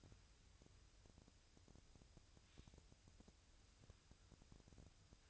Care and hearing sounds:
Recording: daily activity, microphone in the room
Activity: wipe stove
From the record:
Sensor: 2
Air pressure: 1001.5 hPa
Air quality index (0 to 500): 225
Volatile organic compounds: 24 ppm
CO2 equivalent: 2820 ppm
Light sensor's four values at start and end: 7/26/10/9 and 7/26/10/9

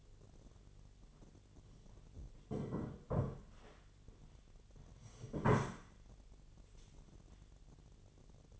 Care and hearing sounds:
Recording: daily activity, microphone in the room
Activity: sit down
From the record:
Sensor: 4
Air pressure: 1008.8 hPa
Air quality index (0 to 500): 171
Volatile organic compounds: 5 ppm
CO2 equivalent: 1714 ppm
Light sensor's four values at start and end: 23/73/28/26 and 23/73/28/26

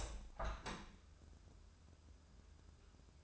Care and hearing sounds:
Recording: daily activity, microphone in the room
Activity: open window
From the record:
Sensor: 2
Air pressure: 1014.8 hPa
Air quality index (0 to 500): 76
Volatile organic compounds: 2 ppm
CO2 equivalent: 1001 ppm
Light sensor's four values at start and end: 8/19/8/8 and 8/20/8/8

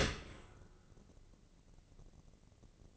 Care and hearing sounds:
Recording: daily activity, microphone in the room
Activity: open dishwasher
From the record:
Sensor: 4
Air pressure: 1013.2 hPa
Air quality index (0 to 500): 170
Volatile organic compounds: 2 ppm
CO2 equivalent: 1074 ppm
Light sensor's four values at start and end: 79/195/81/83 and 79/195/81/83

